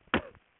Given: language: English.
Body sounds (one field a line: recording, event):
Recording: throat vibration sensor signal played as sound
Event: cough